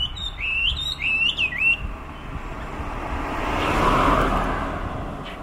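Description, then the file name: Chinese hwamei song of several swooping whistled phrases over two seconds, then a vehicle passes with a broad rushing roar. "Garrulax canorus"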